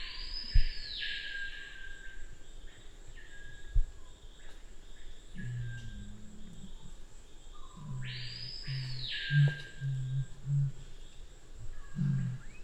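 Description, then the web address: Black curassow hums low and steady, then adds a series of short deep booms; an arched higher call sounds twice. "sound Black-curassow. صدای-پرنده-کاکل-فری-سیاه"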